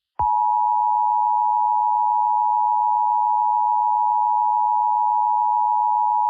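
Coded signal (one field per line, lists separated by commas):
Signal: Emergency Alert System (SAME) tones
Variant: 853 and 960 Hz attention tone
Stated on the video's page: Simulated, fake EAS scenario alert.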